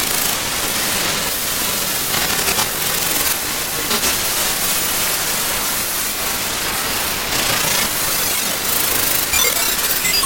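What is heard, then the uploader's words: White noise hisses steadily for the whole stretch, loud and even with no pauses. The hiss leans bright and airy, with faint flickering shifts in the upper range and a thin, rough rumble underneath, like a spray or rushing air. An exploration of white noise.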